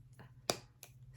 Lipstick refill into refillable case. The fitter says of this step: so you have to make sure it snaps in place so what you do is then do this